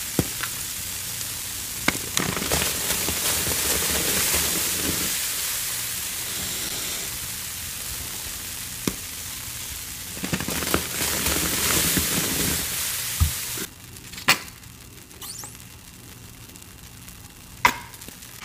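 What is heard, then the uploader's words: Watermelon being handled, with a steady, bright, crackly hiss like wet crunching through the first thirteen seconds and a few sharp clicks scattered within it. After about fourteen seconds the hiss drops away to near quiet, broken by two crisp snaps. Watermelon ASMR.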